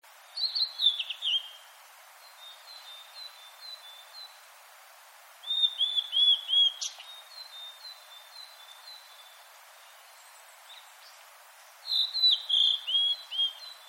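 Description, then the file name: Blue-and-white flycatcher song: three bursts of clear whistled phrases, falling and then repeated notes, with quieter repeated notes between bursts. "oruri"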